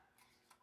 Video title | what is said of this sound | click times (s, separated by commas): Holy Stone HS360 GPS Drone: Complete Review, [Unboxing, Setup & Test Flight] #drones #holystone #fun | And it just pops right in there and it's locked in and it won't come out. | 0.5 s